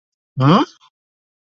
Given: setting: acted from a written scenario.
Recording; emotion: vocal sound without words; confusion